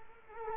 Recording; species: mosquito wingbeat signal from an infrared sensor; Culex quinquefasciatus